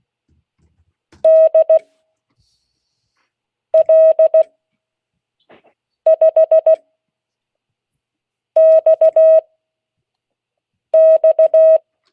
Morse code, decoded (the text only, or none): DL5XX